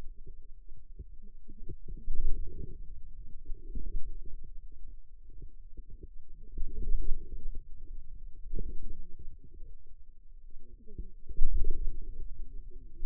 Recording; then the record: forearm muscle sounds (acoustic myography)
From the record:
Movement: wrist extension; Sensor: system 2, bracelet of six BSWA MPA416 microphones around the upper forearm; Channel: 5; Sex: female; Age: 21 years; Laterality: right